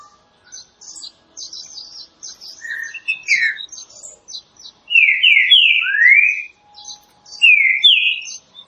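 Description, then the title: Green-winged saltator singing rich whistled, slurred notes in a run of phrases, while many thin high chirps fill the background. Classic song style used for training. "Canto Clássico Trinca Ferro TREINAMENTO"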